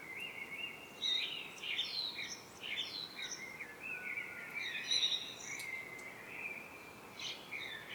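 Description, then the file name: Common blackbird song, continuous fluted warbling phrases interspersed with sharp high chirps and squeaky terminal notes against faint hiss. "Turdus merula"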